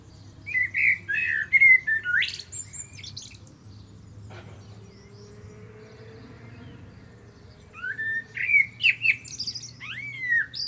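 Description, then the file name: Common blackbird song: two phrases of mellow warbles with scratchy high codas, separated by a quiet gap with a faint low drawn-out tone. "Turdus merula"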